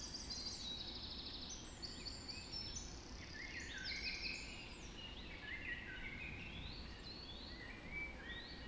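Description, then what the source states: Many birds singing at once at dawn, stepped trills and whistled phrases overlapping continuously above a low rumble. Dawn chorus just after dawn in the Forest of Dean.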